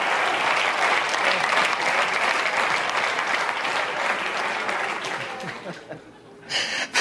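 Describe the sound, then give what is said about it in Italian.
A studio audience on the Ballarò show applauds Crozza loudly and steadily, a dense wash of clapping that fades out near the end before a brief burst of other sound cuts in. “A proposito di voce, vediamo se riusciamo a sentire proprio qualche secondo Crozza Ballarò, a parte gli applausi.”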